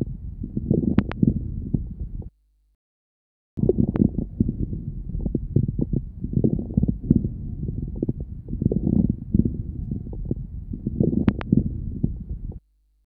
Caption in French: Ils sont caractéristiques de bronchiectasie. Ce sont des crépitants inspiratoires nombreux qui prédominent en mi-inspiration, mais peuvent occuper la presque totalité de l'inspiration. Ils s'associent à de nombreux crépitants expiratoires. Écoutez encore ces crépitants de bronchiectasie.